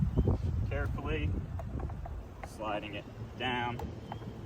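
A trolling motor shaft is slid down in its bow mount on a skiff while the pedal is pressed, with the shaft collar headed for its lock in the deployed position. Someone talks over faint wind and a few small sharp knocks, at 0.3, 1.6, 2.4 and 4.1 s among others. Nothing has seated or clicked yet; the collar has not locked into place.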